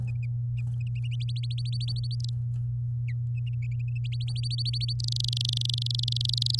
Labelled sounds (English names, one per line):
Domestic Canary song